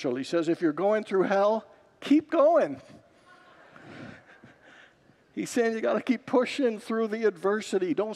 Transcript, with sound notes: He says, “If you’re going through hell, keep going.” [Congregants laugh] He’s saying you’ve got to keep pushing through the adversity.